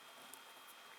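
A clock mainspring is wound into a model diesel engine starter over a steady broadband hiss. At 0.3 s a single short, sharp click sounds as the spring's end clicks round into the hole on the anchor pin, and the spring is seated.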